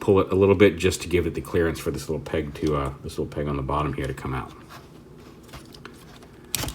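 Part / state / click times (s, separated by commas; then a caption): folding leg panel into the leg of an action figure / seated / 6.5 s. Someone talks while handling a plastic Transformers War for Cybertron SIEGE Voyager Apeface action figure, pulling a tab on the leg and then folding a plastic panel around the back of the figure's leg. After a few faint ticks, a sharp click is heard at 6.6 s as the leg panel locks into place.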